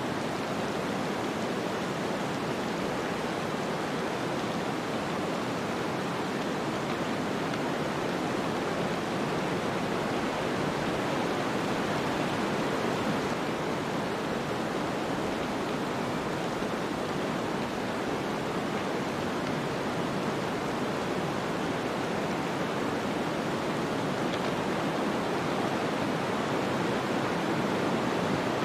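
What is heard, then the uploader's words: Steady wind rushes without pause, a dense, even hiss spread from a soft low rumble up to a bright airy top. The level barely shifts across the half minute, with no gusts, lulls or separate events standing out, so it resembles a continuous noise wash. White Noise: Relaxing wind (Alabaster).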